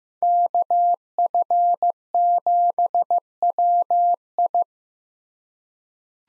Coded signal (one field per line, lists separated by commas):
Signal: Morse code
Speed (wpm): 15 wpm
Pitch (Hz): 700 Hz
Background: none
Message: KF7WI